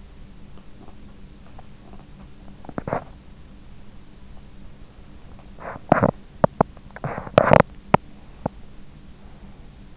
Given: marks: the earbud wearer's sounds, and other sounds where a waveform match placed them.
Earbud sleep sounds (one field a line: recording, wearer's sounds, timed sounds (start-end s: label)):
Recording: sounds in sleep by an in-ear microphone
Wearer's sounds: teeth grinding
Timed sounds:
0.00-3.26 s: teeth grinding
5.17-8.66 s: teeth grinding